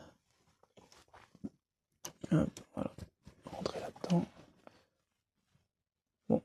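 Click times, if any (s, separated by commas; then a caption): none. A makeshift repaired metal crimp terminal is pushed into the plastic housing of a Peugeot 205 GTI electrical plug while someone talks. Faint handling sounds are heard, then a short knock at about 6.3 s. The terminal has not clicked into place and comes back out on its own.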